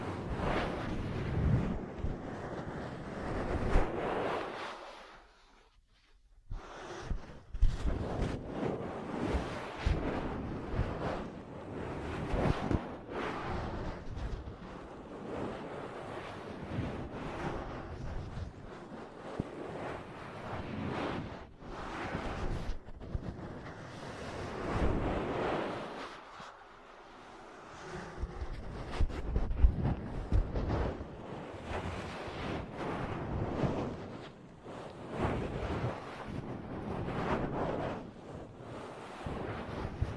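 Ear cleaning and massage sounds: dense, rustling, crackly friction fills nearly the whole stretch, full and rough like rubbing against a microphone. Brief near-silent gaps break in around 5–7 seconds and again near 26 seconds, while the rubbing otherwise swells and fades irregularly.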